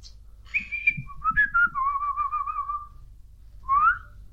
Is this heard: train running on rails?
no